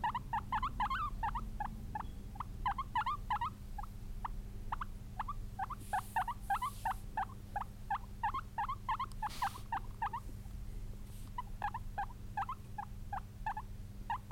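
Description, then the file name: Guinea pig squeaking continuously in quick rising notes, several per second, with brief soft rustles and a low hum beneath. "Cute guinea pig"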